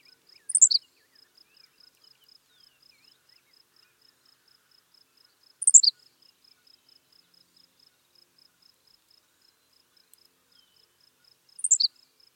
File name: Ammodramus henslowii - Henslow's Sparrow